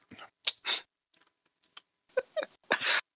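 Several sharp, hissy bursts of air from a household dog, ordinary sneezes in a small indoor room.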